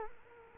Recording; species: mosquito wingbeat signal from an infrared sensor; Culex quinquefasciatus